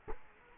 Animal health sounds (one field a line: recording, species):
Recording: mosquito wingbeat signal from an infrared sensor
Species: Culex quinquefasciatus